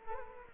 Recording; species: mosquito wingbeat signal from an infrared sensor; Culex quinquefasciatus